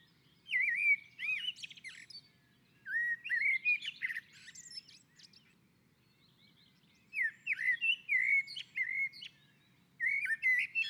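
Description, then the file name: Common blackbird song: four mellow, fluted warbling phrases mixed with higher scratchy twitters, separated by pauses of one to two seconds, over a faint low hum. Blackbird on a roof. "Koltrast på taket"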